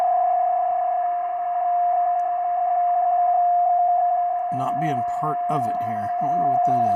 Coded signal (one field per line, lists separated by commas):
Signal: PSK31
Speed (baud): 31.25 baud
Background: speech